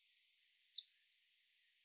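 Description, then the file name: Eurasian wren giving a brief, very high burst of quick twittering, scratchy notes lasting about a second, with silence around it. "Troglodytes troglodytes"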